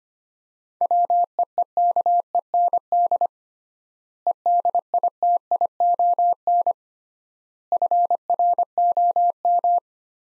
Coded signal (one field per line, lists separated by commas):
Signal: Morse code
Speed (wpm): 25 wpm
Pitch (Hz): 700 Hz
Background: none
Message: WEEKEND EDITION FROM